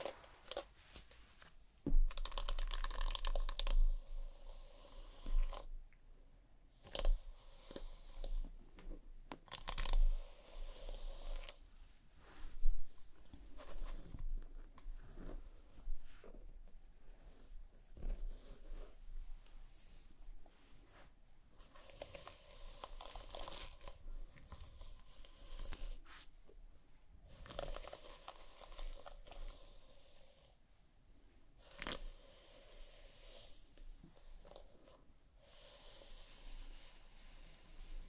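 Scalp massage and hair brushing make soft, crinkly rustles that come in uneven bursts throughout, with short gaps of near silence between strokes. Sharper scratchy strokes stand out around 2, 10 and 13 seconds, and a faint low hum runs underneath.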